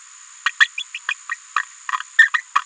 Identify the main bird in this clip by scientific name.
Forpus passerinus